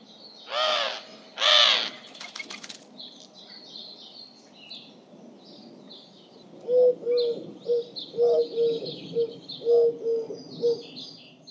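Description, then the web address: Bird calls: two loud harsh notes at the start, then a run of soft low hooting notes repeated about every half second, with faint high chirps behind. "cianscape. Deverinetal 2025. Bird Only"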